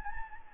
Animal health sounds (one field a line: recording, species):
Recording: mosquito wingbeat signal from an infrared sensor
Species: Anopheles gambiae